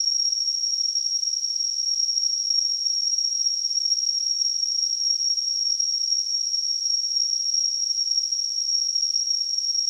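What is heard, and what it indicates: A steady, piercing high-pitched whistle holds at one pitch for the full ten seconds, wrapped in a thin layer of hiss, with no pauses or changes. It is a simulation of tinnitus, the ringing a person with the condition perceives in the ears.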